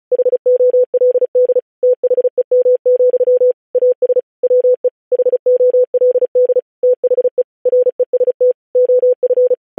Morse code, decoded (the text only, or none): HOLD THEM, AS WE HOLD THE REST OF